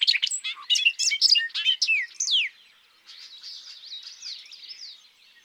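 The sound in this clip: Bobolink song: a rapid, bubbly burst of tumbling metallic notes lasting about two and a half seconds, then a fainter jumbled song continuing in the background.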